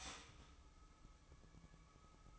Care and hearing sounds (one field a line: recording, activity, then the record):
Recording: daily activity, microphone in the room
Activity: start toaster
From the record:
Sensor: 1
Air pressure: 1007.2 hPa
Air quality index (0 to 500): 75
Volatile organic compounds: 1 ppm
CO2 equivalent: 659 ppm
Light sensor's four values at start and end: 7/16/6/7 and 7/16/6/7